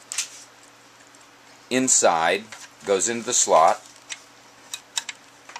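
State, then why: Seated. An angled DIN removal key goes into the slot of a Chrysler Crossfire car stereo while someone talks. The key locks into place and pulls the spring out, with a sharp click at 5.0 s among a few small ticks that follow the talk.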